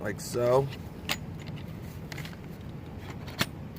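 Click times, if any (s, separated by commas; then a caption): 3.4 s. A string trimmer attachment shaft is slid into the coupling on a Milwaukee M18 FUEL QUIK-LOK cordless power head while someone talks. Some faint scraping and rattling follows, then a sharp click at 3.4 seconds as it latches and seats into the coupling.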